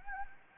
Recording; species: mosquito wingbeat signal from an infrared sensor; Anopheles gambiae